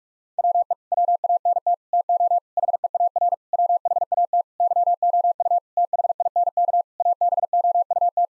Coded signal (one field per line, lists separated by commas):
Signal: Morse code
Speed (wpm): 41 wpm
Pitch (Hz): 700 Hz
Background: none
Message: WE WANT TO HEAR WHAT YOU THINK ABOUT